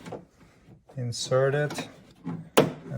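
On a 2007-2011 Toyota Camry, the metal trunk lock rod from the lock assembly is pushed into its plastic retaining clip while someone talks. A loud, sharp snap at 2.6 seconds marks the rod seating in the clip.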